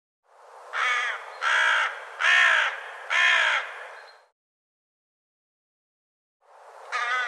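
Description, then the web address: Bird giving four harsh, hoarse caws in quick succession, each about half a second long, then a pause before one more caw. "cianscape birddata"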